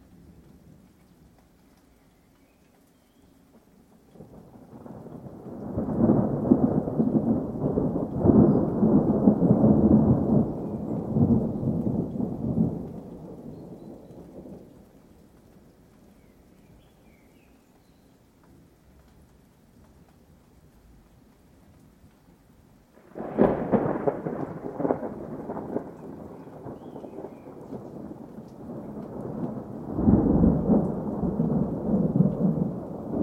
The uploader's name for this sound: Thunderstorm with Light Rain